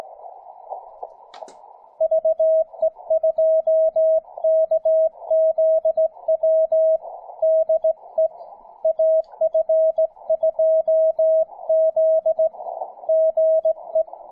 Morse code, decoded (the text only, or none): VE2KZW DE AF2Z GE